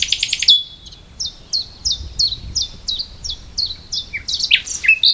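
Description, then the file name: Common nightingale song: a quick opening trill, a sustained whistle, then evenly repeated descending whistled notes and varied closing phrases. "Luscinia megarhynchos"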